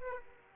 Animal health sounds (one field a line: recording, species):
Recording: mosquito wingbeat signal from an infrared sensor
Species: Aedes aegypti